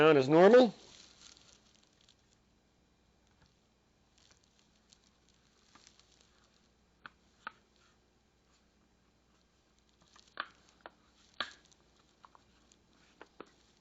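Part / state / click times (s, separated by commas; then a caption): replacement battery (or its connector) into a handheld gaming console / not seated / none. During a Steam Deck handheld console battery replacement, the new battery or its connector is being pressed down into the console housing. Someone talks briefly at the start, followed by quiet handling with a few sharp light taps around 7.1, 7.5, 10.4 and 11.4 seconds. Nothing has seated or clicked into place yet.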